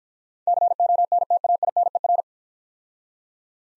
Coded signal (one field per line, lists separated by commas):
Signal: Morse code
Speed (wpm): 50 wpm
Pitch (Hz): 700 Hz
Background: none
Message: CONTAINER